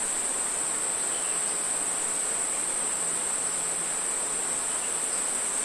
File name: zapsplat nature rainforest crickets cicada birds distant creek